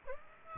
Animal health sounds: mosquito wingbeat signal from an infrared sensor; Aedes aegypti

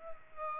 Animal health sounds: mosquito wingbeat signal from an infrared sensor; Aedes aegypti

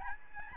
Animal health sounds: mosquito wingbeat signal from an infrared sensor; Aedes albopictus

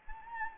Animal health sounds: mosquito wingbeat signal from an infrared sensor; Anopheles gambiae

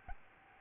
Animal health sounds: mosquito wingbeat signal from an infrared sensor; Aedes albopictus

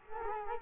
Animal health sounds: mosquito wingbeat signal from an infrared sensor; Culex quinquefasciatus

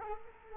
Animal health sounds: mosquito wingbeat signal from an infrared sensor; Culex quinquefasciatus

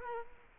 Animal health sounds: mosquito wingbeat signal from an infrared sensor; Culex quinquefasciatus

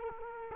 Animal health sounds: mosquito wingbeat signal from an infrared sensor; Culex quinquefasciatus

